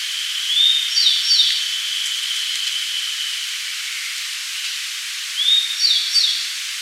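Grey bunting with two matching phrases, each a rising whistle followed by a pair of quick downslurred higher notes, nearly five seconds apart over constant hiss.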